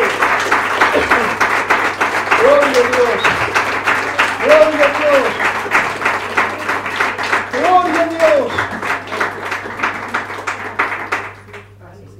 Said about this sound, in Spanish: Vamos a dar un fuerte aplauso a él.